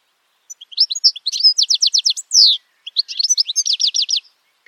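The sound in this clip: Bird singing after a brief silence: quick chirps build into a rapid series of sharp notes, a buzzy downslurred note, then another chattering phrase with trilled notes.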